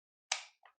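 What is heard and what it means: An Alton Strol FS e-bike's fully charged battery, its bottom end already seated fully, has its top pushed into the frame mount until it locks. A sharp, bright click at 0.3 s is followed by a fainter, shorter tick at 0.7 s. The battery is confirmed seated and locked in the frame.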